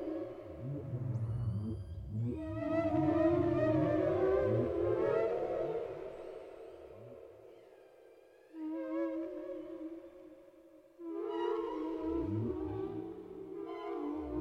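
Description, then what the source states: Whale song with swelling, wavering wails rich in harmonics, fading away and then returning in fresh bursts. Whale sounds without music, for sleep.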